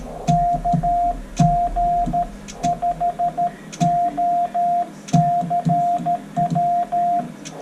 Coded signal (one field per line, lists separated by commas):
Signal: Morse code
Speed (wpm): 13 wpm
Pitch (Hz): 700 Hz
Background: radio noise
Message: KG5OCW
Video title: QRP / QRO in Northern NM